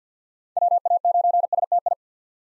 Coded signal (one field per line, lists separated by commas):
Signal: Morse code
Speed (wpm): 50 wpm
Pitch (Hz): 700 Hz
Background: none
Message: WA9STI